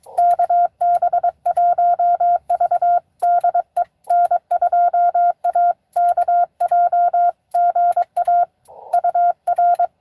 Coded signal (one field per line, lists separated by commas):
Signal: Morse code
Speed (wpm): 23 wpm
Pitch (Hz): 690 Hz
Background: none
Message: KB1V DE N2AKJ GA UR